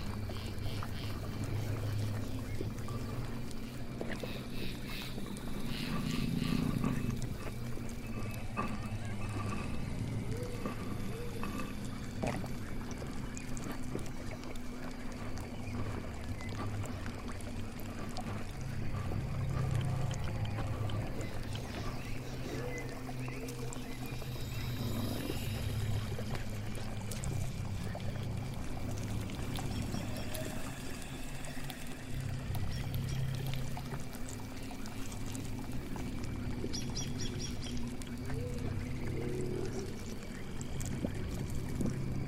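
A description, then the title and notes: Swamp house ambience: a steady low bubbling drone fills the space, scattered with frequent small clicks, gurgles and faint creature calls throughout. Witch's swamp house ambience.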